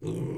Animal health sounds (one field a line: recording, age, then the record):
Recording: pig call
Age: weaner (32 to 43 days)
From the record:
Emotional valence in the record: negative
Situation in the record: short isolation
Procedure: open field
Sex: female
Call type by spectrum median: low-frequency call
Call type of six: low-frequency stable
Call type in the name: low-frequency stable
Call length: 0.38 s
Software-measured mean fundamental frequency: 50 Hz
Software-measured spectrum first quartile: 147 Hz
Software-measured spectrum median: 262 Hz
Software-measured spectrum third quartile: 427 Hz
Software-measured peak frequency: 145 Hz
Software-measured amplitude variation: 120 dB a second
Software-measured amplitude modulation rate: 27.4 a second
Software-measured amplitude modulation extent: 4.4 dB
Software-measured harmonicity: 2.1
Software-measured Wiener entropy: -0.23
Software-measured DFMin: 942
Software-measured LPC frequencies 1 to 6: 340, 2282, 3196, 3710, 5807, 6563 Hz